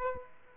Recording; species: mosquito wingbeat signal from an infrared sensor; Aedes aegypti